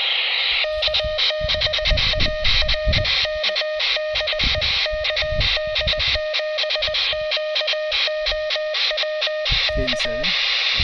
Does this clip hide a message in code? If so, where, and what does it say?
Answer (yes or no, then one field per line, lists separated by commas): yes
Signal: Morse code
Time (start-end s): 0.6-10.2 s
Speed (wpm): 20 wpm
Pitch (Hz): 620 Hz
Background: speech, music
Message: K6ARK DE KD7QOW K